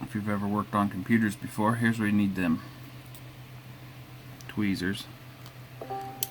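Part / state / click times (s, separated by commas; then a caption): ribbon cable in game controller connector / released / 6.2 s. Inside a Nintendo Switch Joy-Con, a bad ribbon cable is gripped with tweezers and pulled out of its connector. Someone talks through the first half, then after quiet handling noises a sharp, short snap at 6.2 s marks the cable coming free and released from the connector.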